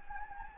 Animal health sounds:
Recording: mosquito wingbeat signal from an infrared sensor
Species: Anopheles gambiae

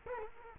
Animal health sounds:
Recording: mosquito wingbeat signal from an infrared sensor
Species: Culex quinquefasciatus

